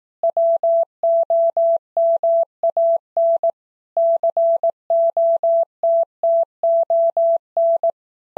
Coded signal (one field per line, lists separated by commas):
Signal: Morse code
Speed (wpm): 18 wpm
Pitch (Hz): 670 Hz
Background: none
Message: WOMAN COTTON